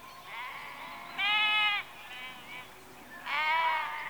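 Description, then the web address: Sheep bleating: two strong harmonic bleats about two seconds apart, with fainter bleats between them. Sheep in a rural exterior atmosphere, recorded in the early evening, close. "BBC Sound Effects Library - Exterior Atmospheres-Rural Backg Sheep Early Evening- Close"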